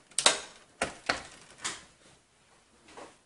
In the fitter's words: you would have seen this little clip move up so let me move it again